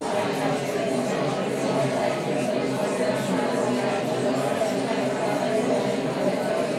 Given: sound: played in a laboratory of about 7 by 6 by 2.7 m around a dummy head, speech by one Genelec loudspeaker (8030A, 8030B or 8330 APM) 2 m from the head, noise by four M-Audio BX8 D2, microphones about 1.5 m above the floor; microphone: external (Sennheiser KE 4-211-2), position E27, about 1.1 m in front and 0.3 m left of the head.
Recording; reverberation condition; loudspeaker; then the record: babble noise; medium; four, about 170 cm from the corners of the room and facing them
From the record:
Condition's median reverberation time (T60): about 510 ms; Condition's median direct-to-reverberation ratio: about -0.5 dB